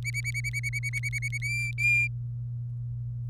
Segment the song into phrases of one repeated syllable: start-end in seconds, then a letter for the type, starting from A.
0.05-1.38 A, 1.42-2.08 B